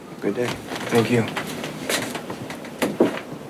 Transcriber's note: soundbite of door closing